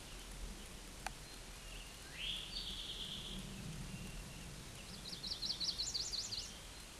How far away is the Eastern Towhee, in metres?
about 15 m